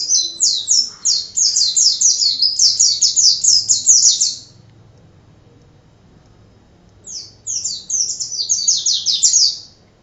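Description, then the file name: White-eye: a rapid series of high, sweet chirps for four seconds, a pause of about three seconds, then a second shorter twittering phrase. Excited song style called ngalas. "suara burung pleci ngalas omkicaudotcom"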